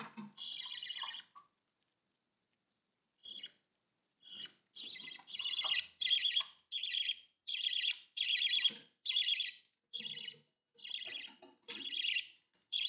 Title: Budgie Sounds